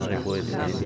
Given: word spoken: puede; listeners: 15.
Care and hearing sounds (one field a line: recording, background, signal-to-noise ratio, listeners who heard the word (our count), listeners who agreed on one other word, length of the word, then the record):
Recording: one Spanish word in noise, from a listening test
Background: eight-talker babble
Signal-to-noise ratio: -1.5 dB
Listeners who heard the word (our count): 0 of 15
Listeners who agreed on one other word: 7 of 15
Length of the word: 0.45 s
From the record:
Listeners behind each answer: 7, 2, 2, 2, 1, 1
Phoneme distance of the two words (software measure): 41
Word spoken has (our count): 2 syllables, 5 phonemes, stress on syllable 1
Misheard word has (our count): 3 syllables, 8 phonemes, stress on syllable 2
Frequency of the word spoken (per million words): 1056.76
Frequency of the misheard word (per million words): 100.82